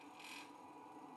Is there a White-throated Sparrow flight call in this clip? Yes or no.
no